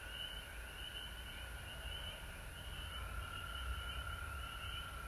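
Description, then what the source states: Frogs calling together in a constant high-pitched trill with rhythmic pulsing above, set against a heavier low rumble of background noise. Frogs recorded at home in Georgia on March 19, 2020.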